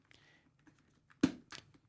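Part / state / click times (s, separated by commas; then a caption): action camera into helmet chin mount / seated / 1.2 s. An action camera on its mounting base is slid into a helmet chin mount until the side tabs come through and it locks. Faint rustling and handling sounds lead to a sharp, loud click at 1.2 s, followed by a softer clatter around 1.6 s. The camera is seated and locked in the mount.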